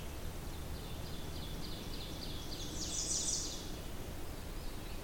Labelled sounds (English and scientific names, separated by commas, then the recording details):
Ovenbird (Seiurus aurocapilla) song
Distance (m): 75 m
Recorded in boreal forest in Alberta, Canada, on 20 June 2016 at 07:26
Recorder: SongMeter 3, array SBT-6-81
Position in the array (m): 180 m, 162 m
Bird 25